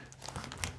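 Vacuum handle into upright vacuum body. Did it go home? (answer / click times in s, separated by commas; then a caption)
no / none. The plastic handle of a Hoover WindTunnel All-Terrain upright vacuum is handled at its socket on the vacuum body before being pushed in. Crinkly handling noise is heard, with brief sharp ticks around 0.3, 0.6 and 0.8 seconds. Nothing has seated or clicked into place yet.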